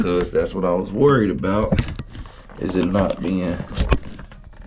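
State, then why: Seated. A Brondell Swash Eco non-electric bidet seat is slid back onto its plastic mounting plate on the toilet bowl while someone talks. After a struggle to get it all the way back, it seats home with a sharp click at 3.9 s, followed by a few faint knocks.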